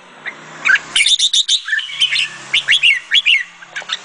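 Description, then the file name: Sooty-headed bulbul song: a lively series of short bright chirps and slurred whistled notes. "suara kutilang jambul"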